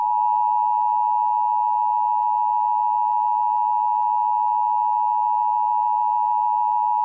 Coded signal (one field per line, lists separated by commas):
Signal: Emergency Alert System (SAME) tones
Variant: 853 and 960 Hz attention tone